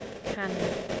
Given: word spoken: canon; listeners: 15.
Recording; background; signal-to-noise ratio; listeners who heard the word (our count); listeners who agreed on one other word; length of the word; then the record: one English word in noise, from a listening test; noise modulated by three-talker babble; -4.5 dB; 0 of 15; 6 of 15; 0.60 s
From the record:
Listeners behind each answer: 6, 5, 1, 1, 1, 1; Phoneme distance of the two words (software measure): 14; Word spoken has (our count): 2 syllables, 5 phonemes, stress on syllable 1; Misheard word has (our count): 1 syllable, 3 phonemes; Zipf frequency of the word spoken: 3.45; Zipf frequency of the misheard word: 6.56